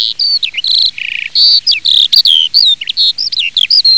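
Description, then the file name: Eurasian skylark singing a fast, varied run of sharp chirps, short buzzy trills and rising and falling whistled notes, densely packed with only brief gaps. "ALLODOLA"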